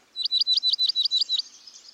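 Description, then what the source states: Dark-eyed Junco giving a quick series of eight sharp, high notes, evenly spaced over just over a second. Dark-eyed Junco, nicknamed snowbird.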